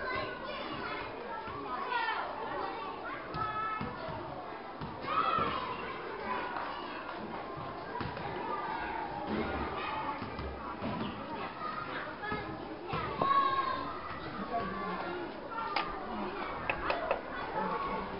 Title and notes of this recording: children playing at nearby school. Children playing in a school courtyard near a food vendor on a quiet street in Lijiang, China